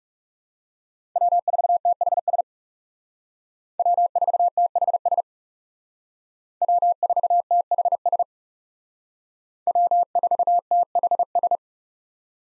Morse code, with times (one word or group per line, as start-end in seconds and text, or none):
1.2-2.4 W4THS
3.8-5.2 W4THS
6.6-8.2 W4THS
9.7-11.6 W4THS